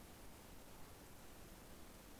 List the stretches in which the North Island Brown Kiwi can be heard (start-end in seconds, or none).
none